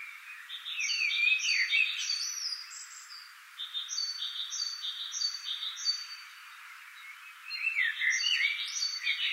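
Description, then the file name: Common blackbird song: fluted, slurred warbles opening and closing the passage, with a long run of evenly repeated high chirps between them. "Turdus merula"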